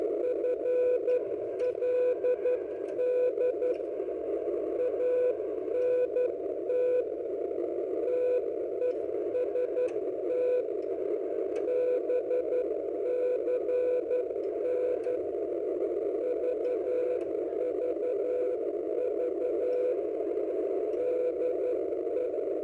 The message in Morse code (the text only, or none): FLD ANT TEST BCN VVV DE